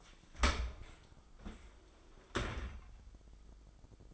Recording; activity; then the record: daily activity, microphone in the room; open dishwasher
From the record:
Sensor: 5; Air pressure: 995.9 hPa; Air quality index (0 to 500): 104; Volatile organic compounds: 7 ppm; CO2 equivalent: 2004 ppm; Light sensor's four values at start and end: 42/100/42/45 and 42/101/42/44